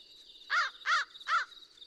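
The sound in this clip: American crow cawing: three harsh, nasal caws in quick even succession, with a steady high hum behind.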